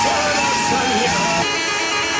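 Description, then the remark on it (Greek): A dense, loud crowd roar with long sustained horn blasts sounding over it, mixed with chanting voices and clapping, continuous throughout with a slight drop in intensity partway through, at a protest with flags and flares on Amalias Avenue at Syntagma, where dozens of tractors are lined up in front of the Greek Parliament. “Κόρνες, σημαίες, βεγγαλικά, συνθήματα και χειροκροτήματα.”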